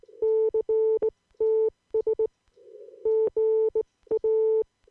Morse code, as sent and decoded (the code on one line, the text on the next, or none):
-.-. - ... / --. .-
CTS GA